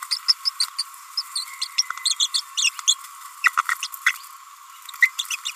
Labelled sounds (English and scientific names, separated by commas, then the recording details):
Green-rumped Parrotlet (Forpus passerinus) babbling
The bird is a female
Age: 29 days
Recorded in a nest box in Venezuela
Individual 17B42A4